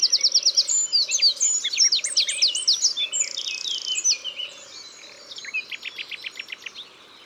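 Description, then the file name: Eurasian wren song: piercing, rapid trills and rattles, strongest at the start and gradually softening over the last seconds. Drôme, France. "Troglodyte mignon Concerts Naturels de la Drome Studio les Trois Becs"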